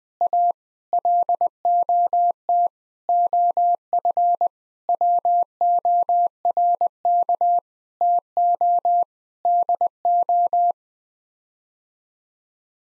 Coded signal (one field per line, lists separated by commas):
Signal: Morse code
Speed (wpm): 20 wpm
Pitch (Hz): 700 Hz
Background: none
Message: A LOT OF WORK TO DO